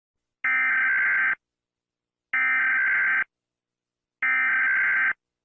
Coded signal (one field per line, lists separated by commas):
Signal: Emergency Alert System (SAME) tones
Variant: header bursts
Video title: USA EAS Alarm